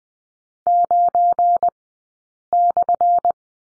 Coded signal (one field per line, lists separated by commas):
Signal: Morse code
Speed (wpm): 20 wpm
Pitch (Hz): 700 Hz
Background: none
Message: 9/